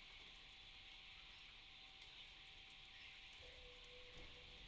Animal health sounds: poultry house recording; healthy chickens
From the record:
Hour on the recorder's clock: 17

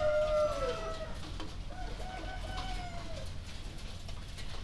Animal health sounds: poultry house recording; healthy chickens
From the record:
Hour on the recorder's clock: 2

